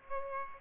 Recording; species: mosquito wingbeat signal from an infrared sensor; Aedes aegypti